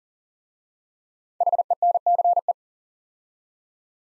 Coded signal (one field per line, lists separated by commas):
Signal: Morse code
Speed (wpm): 38 wpm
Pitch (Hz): 700 Hz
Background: none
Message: HENCE